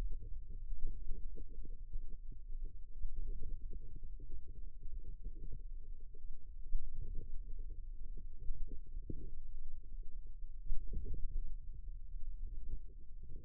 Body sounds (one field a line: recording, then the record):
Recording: forearm muscle sounds (acoustic myography)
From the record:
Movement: wrist flexion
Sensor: system 2, bracelet of six BSWA MPA416 microphones around the upper forearm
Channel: 6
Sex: female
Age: 22 years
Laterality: right